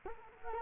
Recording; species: mosquito wingbeat signal from an infrared sensor; Culex quinquefasciatus